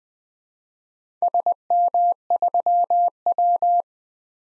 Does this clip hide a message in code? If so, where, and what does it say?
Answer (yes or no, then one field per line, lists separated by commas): yes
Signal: Morse code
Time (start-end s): 1.2-3.8 s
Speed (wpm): 20 wpm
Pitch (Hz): 700 Hz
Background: none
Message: SM3W